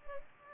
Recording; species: mosquito wingbeat signal from an infrared sensor; Culex pipiens